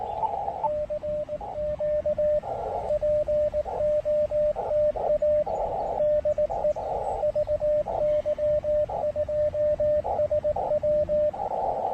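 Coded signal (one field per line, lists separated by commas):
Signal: Morse code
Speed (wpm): 18 wpm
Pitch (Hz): 600 Hz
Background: radio noise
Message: CQ POTA DE VY2SW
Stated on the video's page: QRP CW park activation with rough propagation and interference, working DX.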